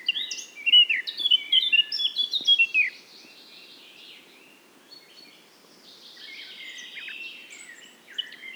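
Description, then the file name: Eurasian blackcap opens with a loud run of bright fluty whistles, then continues with a soft, scratchy warble. "Sylvia atricapilla"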